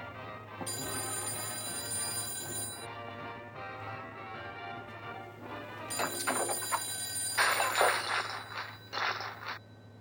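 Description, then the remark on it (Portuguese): A telephone bell rings in two long bursts, a bright metallic trill with a pause between them, over a steady low hum, with some clattering noises near the end. “O telefone é Sam. Vou atender.”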